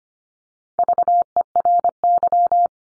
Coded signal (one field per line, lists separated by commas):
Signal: Morse code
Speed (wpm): 25 wpm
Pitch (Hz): 700 Hz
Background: none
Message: VERY